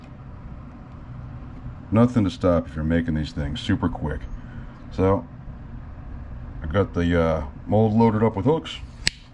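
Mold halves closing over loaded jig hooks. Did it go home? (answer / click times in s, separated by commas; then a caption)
yes / 9.1 s. Someone talks while the halves of an aluminium jig mold, loaded with hooks, are pressed closed. One sharp click at 9.1 s marks the mold snapping shut and seating firmly.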